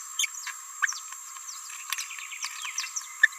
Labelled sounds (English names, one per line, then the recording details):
Green-rumped Parrotlet babbling
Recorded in a nest box in Venezuela
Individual 18B17A4